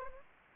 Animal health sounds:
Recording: mosquito wingbeat signal from an infrared sensor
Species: Anopheles arabiensis

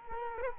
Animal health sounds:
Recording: mosquito wingbeat signal from an infrared sensor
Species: Culex quinquefasciatus

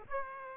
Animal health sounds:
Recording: mosquito wingbeat signal from an infrared sensor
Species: Aedes aegypti

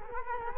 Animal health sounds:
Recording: mosquito wingbeat signal from an infrared sensor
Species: Culex quinquefasciatus

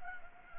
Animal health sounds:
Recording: mosquito wingbeat signal from an infrared sensor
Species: Anopheles gambiae

